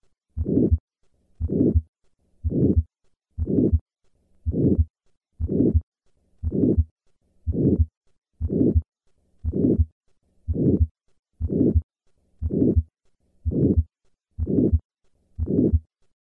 The murmur of aortic stenosis is a harsh, diamond-shaped systolic murmur heard best at the second right intercostal space. This murmur stops before the second heart sound and may be associated with a delayed carotid upstroke. The intensity of the murmur of aortic stenosis correlates with the severity of obstruction across the aortic valve as long as the cardiac output is maintained.